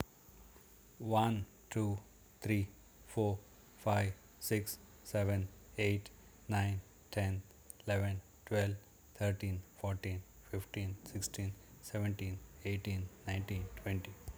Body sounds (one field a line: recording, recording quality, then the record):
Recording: counting at a normal pace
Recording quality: excellent, no background noise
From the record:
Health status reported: healthy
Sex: male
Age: 55 years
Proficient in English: yes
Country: India